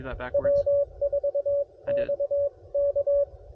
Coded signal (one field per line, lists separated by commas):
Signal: Morse code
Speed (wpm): 22 wpm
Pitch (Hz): 560 Hz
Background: speech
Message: W4XK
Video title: CW POTA With The CFT1 Transceiver